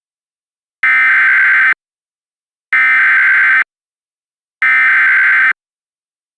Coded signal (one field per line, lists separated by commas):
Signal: Emergency Alert System (SAME) tones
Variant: header bursts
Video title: EAS Reenactment Mock: December Thunderstorm in Laredo - 12/18/2021